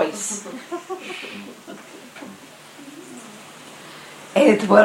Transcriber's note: laughter